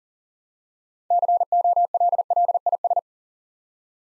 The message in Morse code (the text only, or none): COLLIS